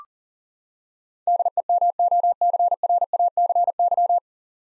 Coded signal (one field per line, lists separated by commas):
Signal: Morse code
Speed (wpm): 40 wpm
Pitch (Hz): 700 Hz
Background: none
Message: DEMOCRACY